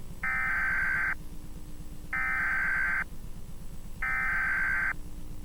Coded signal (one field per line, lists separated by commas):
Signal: Emergency Alert System (SAME) tones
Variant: header bursts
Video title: EAS: Countryballs Redux - Part 1